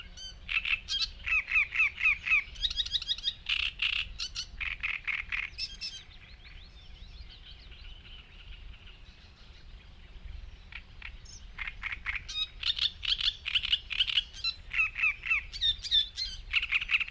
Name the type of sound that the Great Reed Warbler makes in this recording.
song